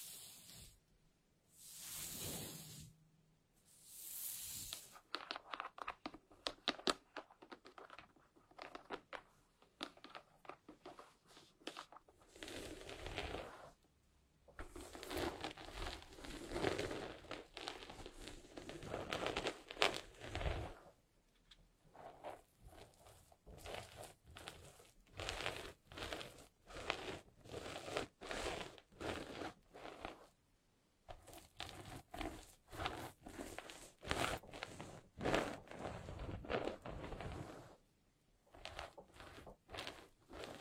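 Hair is combed gently, each stroke a soft, crackly brush of bristles. After a few scattered bursts in the first seconds, the strokes come quickly and steadily in runs, broken by brief pauses around 14, 21, 31 and 38 seconds.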